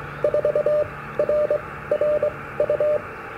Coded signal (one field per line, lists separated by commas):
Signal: Morse code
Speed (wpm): 23 wpm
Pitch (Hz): 600 Hz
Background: radio noise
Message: 4 R R U